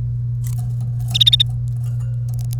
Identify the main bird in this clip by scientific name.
Serinus canaria